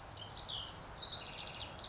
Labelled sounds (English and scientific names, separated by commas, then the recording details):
House Wren (Troglodytes aedon)
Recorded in Sonoma County, California